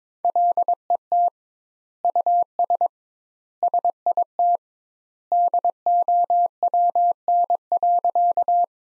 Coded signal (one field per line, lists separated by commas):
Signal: Morse code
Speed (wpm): 21 wpm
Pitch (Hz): 700 Hz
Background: none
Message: LET US SIT DOWN.